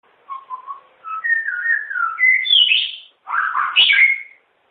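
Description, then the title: Long-tailed shrike song: a rambling run of whistled and warbled phrases climbing from low notes to higher, harsher ones, with a short pause before a final burst. "Kicau Burung Pentet"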